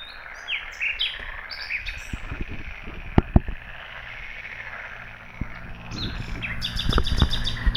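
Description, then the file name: Common nightingale giving varied short whistled phrases at the start and end, with low knocks and thumps and a continuous croaking frog chorus behind. "Luscinia megarhynchos"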